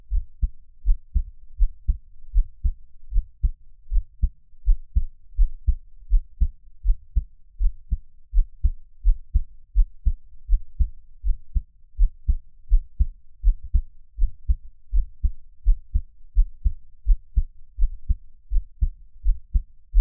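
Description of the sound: Steady, deep thumps repeat at about 80 beats a minute with an even rhythm and no speech. An adult's own heartbeat is heard close up as an ASMR listening track, best heard with headphones.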